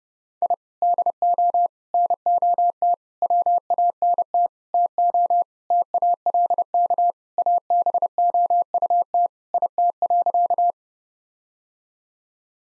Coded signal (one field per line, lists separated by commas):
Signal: Morse code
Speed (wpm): 32 wpm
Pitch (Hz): 700 Hz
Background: none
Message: I DO NOT WANT TO TALK ABOUT IT.